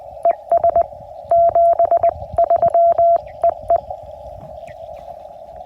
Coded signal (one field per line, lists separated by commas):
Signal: Morse code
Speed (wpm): 20 wpm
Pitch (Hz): 680 Hz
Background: none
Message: ES 73 EE